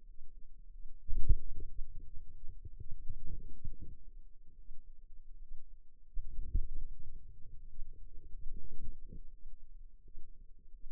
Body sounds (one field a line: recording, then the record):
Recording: forearm muscle sounds (acoustic myography)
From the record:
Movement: wrist flexion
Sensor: system 2, bracelet of six BSWA MPA416 microphones around the upper forearm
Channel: 2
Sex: female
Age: 23 years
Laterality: right